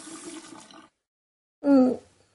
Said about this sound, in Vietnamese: mở vòi nước, hất nước lên mặt lau nước mắt.